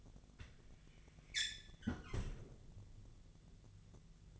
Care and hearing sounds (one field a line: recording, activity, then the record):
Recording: daily activity, microphone in the room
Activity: close fridge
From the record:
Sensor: 4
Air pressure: 1000.9 hPa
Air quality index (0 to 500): 132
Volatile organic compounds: 2 ppm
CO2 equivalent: 986 ppm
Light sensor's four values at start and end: 25/60/25/27 and 27/65/27/30